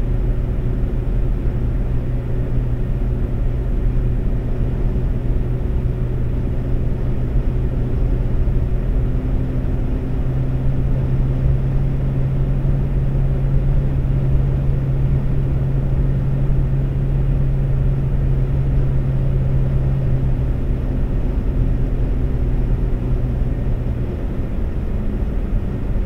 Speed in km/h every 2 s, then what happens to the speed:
132, 132, 132, 132, 132, 132, 132, 132, 132, 132, 132, 134, 134.
0-26 steady at about 132.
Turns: none.